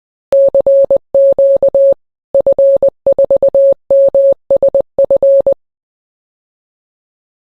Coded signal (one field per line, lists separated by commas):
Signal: Morse code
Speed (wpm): 20 wpm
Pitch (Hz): 550 Hz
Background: none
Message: CQ F4MSF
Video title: De la Cibi à la licence radioamateur : le parcours simple pour franchir le pas !